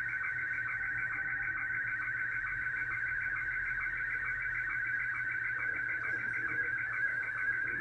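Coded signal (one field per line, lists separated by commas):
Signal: SSTV (slow-scan television)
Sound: continuous warbling tones with a steady whine and rapid regular chirping pulses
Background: low hum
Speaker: television being sent out I've actually configured now SS mmsstv it controls my radio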